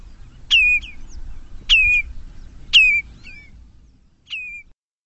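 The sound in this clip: Bird call: four sharp notes, the last one softer, each sweeping steeply downward and ending in a short slurred tail, given roughly once a second over a low background rumble.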